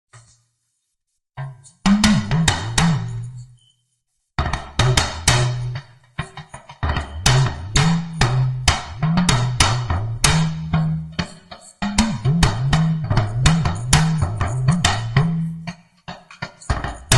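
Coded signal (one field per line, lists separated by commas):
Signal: talking drum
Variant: Yoruba dùndún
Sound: rapid drum strokes with low tones gliding up and down like speech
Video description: Enjoy this proverb for the Yoruba talking drum.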